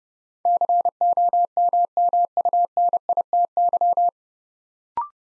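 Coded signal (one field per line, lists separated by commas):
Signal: Morse code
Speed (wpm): 30 wpm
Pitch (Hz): 700 Hz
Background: none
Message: COMMUNITY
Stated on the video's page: Morse practice drill building 9-letter words three letters at a time at 30 wpm, for instant character recognition.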